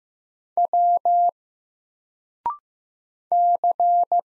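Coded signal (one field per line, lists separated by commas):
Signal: Morse code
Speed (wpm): 15 wpm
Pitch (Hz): 700 Hz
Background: none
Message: W C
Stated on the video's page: Single letters sent at 15 wpm for instant character recognition practice, each letter sent in Morse, then spoken, then sent again.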